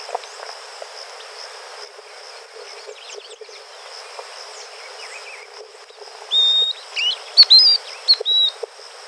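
Bird calls: a short run of thin, level and rising whistles near the end, over steady background hiss and a high, constant hum.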